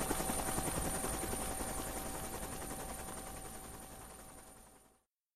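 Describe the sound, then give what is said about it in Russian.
A helicopter's rotor chops in a rapid, steady thumping over a broad roar, slowly fading as it flies away over the treetops before cutting off abruptly. No voices. “Падает, но продолжает ползти за ускользающим за кроны вертолетом.”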